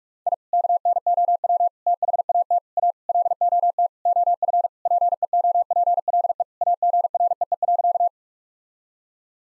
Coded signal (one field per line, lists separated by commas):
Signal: Morse code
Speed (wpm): 46 wpm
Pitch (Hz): 700 Hz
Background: none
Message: I KNOW THAT A LOT OF PEOPLE AGREE.